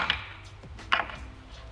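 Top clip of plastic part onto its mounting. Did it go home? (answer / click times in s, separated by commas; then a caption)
yes / 0.9 s. A plastic part is matched up with its mounting and its top clip is pushed until it snaps up and over. A sharp tap sounds at 0.1 s, then a loud, crisp click at 0.9 s as the top clip seats. The clip is confirmed clipped in place.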